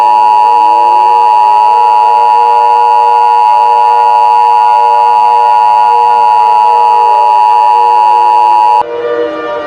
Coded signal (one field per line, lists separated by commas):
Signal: Emergency Alert System (SAME) tones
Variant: 853 and 960 Hz attention tone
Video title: EAS Scenario - CaseOh's Rampage (Part 2) (Remastered) (Season 1, Episode 2)